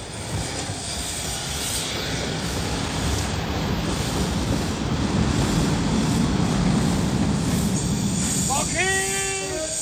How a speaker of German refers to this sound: Ja, der Zug.